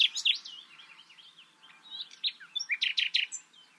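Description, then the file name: Common nightingale giving a varied warbling phrase that drops to quiet twittering, then builds to a string of loud clipped notes. "Luscinia megarhynchos"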